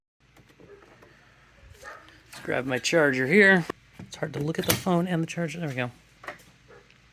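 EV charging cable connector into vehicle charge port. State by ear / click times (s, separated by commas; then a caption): seated / 6.3 s, 6.9 s. A person talks while pushing a home charger's plastic connector into an EV's charge port. A sharp click sounds at 6.3 s, followed by a quieter second click at 6.9 s as the port lock engages. The connector seats and locks, and charging starts.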